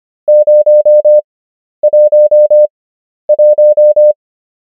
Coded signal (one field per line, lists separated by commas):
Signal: Morse code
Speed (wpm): 25 wpm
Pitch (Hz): 600 Hz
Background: none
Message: 011